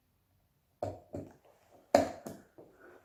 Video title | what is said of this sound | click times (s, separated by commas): Wolf Axis Watch Winder Un Boxing & Review Medium | press it in. You have to hear a click sound. | 1.9 s